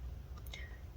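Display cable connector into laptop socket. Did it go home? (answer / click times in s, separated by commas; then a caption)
yes / 0.5 s. A display cable connector on an HP Chromebook 14-db0023dx is pushed into its laptop socket using a small notch or groove on the connector. A faint tick at about 0.5 s is followed by a sharper, bright click at 0.5 s with a short high ring. The connector is seated in place.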